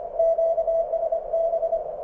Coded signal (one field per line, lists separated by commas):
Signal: Morse code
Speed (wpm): 24 wpm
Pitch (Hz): 660 Hz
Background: radio noise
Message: QSB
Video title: QSOs with VE7RIE and WU7H on the MTR3b